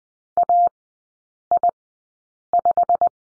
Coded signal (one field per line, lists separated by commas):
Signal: Morse code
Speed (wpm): 20 wpm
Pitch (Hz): 700 Hz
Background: none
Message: AI5